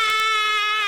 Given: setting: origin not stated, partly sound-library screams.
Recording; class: one-second piece from a danger detection set; woman in danger